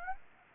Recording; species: mosquito wingbeat signal from an infrared sensor; Anopheles gambiae